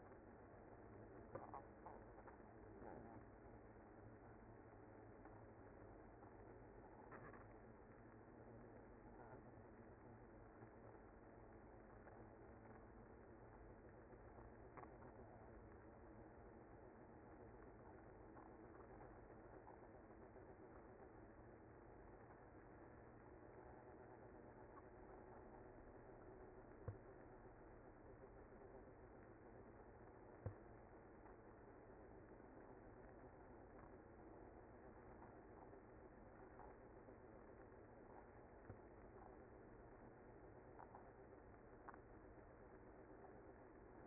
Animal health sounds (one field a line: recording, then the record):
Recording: honeybee colony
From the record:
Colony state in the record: active